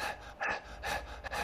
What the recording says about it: What we'd call a restrictive breathing pattern is this patient that's breathing fast and shallow. No gap at all between expiration and inspiration. Normal breathing pattern, you'll have a breath out, pause, and start breathing again. Whereas these guys are, there's no time to rest because you've got to fill those few alveoli that are still working.